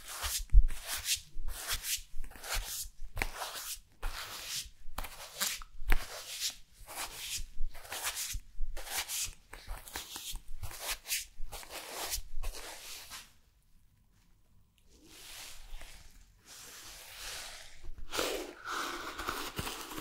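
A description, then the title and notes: Rhythmic brushing of fabric against a body, a steady run of quick rough swipes roughly twice a second for the first twelve seconds. A brief silence follows, then slower, longer rubbing strokes and some scratching toward the end. ASMR Body Brushing Fabric Sounds ( Massage, Tapping, Scratching ).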